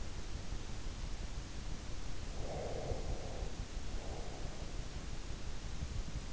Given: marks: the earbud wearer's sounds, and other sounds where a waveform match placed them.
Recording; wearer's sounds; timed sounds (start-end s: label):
sounds in sleep by an in-ear microphone; breath
2.34-4.85 s: breath